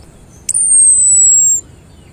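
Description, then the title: Orange-headed thrush call: one thin, very high whistle held about a second, sliding slightly downward, with a faint click at its start over quiet background hiss. Orange-headed thrush giving "cip" and "brebetan" call types. "Anis Merah Suara Cip & Brebetan"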